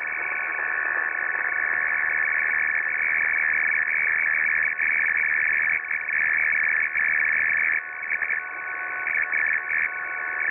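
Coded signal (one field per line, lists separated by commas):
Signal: RTTY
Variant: F01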